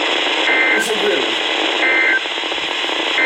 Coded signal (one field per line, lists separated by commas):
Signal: Emergency Alert System (SAME) tones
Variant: end-of-message bursts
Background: speech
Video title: HAPPY 20TH BIRTHDAY... EAS Alerts from 10/7/21 (EAS #6,351 - 6,368)